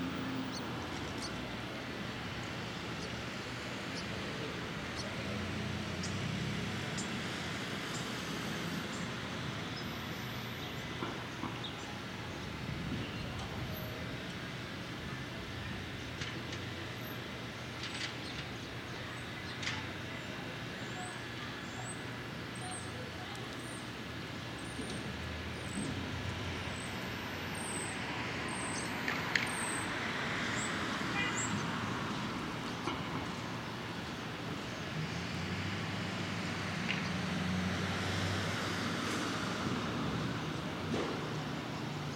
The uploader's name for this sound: Brooklyn Morning, Street